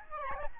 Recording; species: mosquito wingbeat signal from an infrared sensor; Aedes albopictus